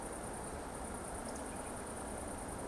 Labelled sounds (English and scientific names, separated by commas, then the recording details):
Eurasian Woodcock (Scolopax rusticola) whistle
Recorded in Baden-Württemberg, Germany, on 25 June 2020 at 20:05 UTC
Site 14569, 102 m above sea level